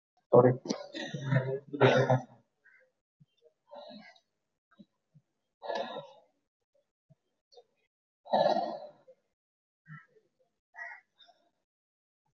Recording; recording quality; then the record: shallow breathing; excellent, no background noise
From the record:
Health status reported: exposed to COVID-19, no respiratory illness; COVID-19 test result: not tested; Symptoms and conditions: none ticked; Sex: male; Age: 26 years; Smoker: not ticked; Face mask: not worn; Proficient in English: yes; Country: India